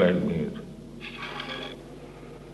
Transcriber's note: sounds of plates being moved